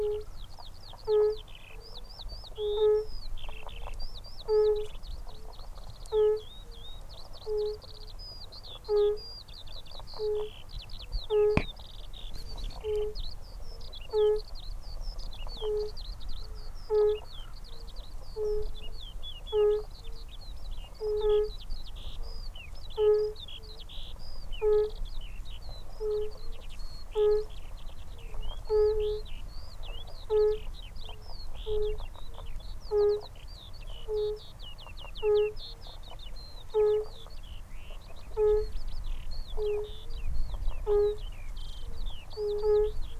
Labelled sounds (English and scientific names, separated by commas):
Fire-Bellied Toad (Bombina bombina) call